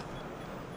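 A package carrier is handled on a drone delivery winch rig, just before it locks into its retracted position on the winch housing so the box stays put even if the winch loses power. Only a steady, broadband rumbling noise is heard, with no distinct hits. Nothing has seated or clicked yet.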